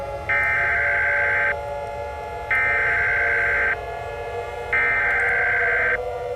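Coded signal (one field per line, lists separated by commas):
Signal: Emergency Alert System (SAME) tones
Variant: header bursts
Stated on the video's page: Fictional EAS scenario; simulated alert, not a real broadcast.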